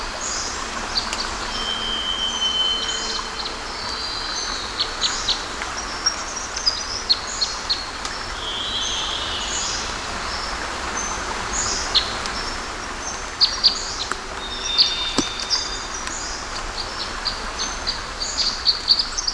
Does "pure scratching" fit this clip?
no